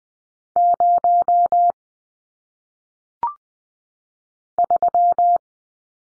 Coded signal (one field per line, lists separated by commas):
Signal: Morse code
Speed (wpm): 20 wpm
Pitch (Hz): 700 Hz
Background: none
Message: 0 3